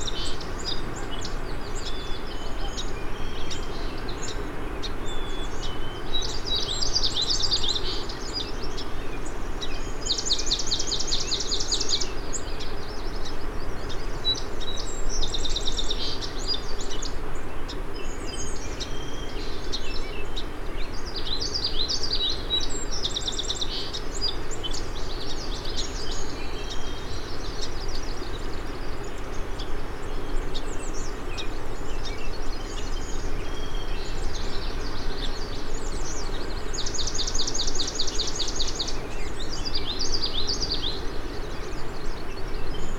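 Migrant songbirds call in short, high bursts that come every few seconds, with denser chirping flurries around 10 and 38 seconds. Beneath them a steady low rumble of background noise, possibly traffic, runs unbroken at an even level throughout.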